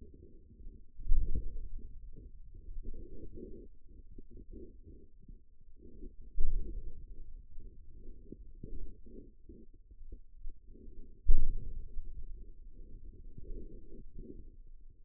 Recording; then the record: forearm muscle sounds (acoustic myography)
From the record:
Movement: wrist flexion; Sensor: system 2, bracelet of six BSWA MPA416 microphones around the upper forearm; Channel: 4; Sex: male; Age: 22 years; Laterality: right